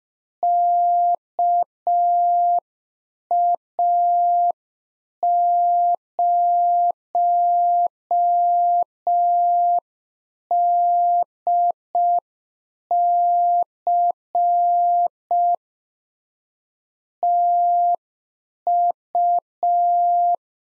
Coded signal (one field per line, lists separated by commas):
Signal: Morse code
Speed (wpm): 5 wpm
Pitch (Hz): 700 Hz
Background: none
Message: KA0DC TU